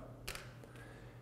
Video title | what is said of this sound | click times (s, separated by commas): Oakley Half Jacket Lens Replacement & Installation Instructions | You're going to pull up here and torque it, and they'll pop right out. | 0.3 s, 0.4 s